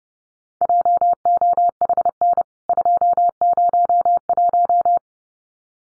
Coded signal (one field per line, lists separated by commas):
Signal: Morse code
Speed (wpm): 30 wpm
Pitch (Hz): 700 Hz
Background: none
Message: JOHN 201